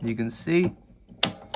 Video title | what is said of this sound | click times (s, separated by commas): How to Use a HP Deskjet Printer for Beginners - Full 2024 Guide | click and and then that's that try be a little bit careful cuz this thing is a little bit flimsy | 1.2 s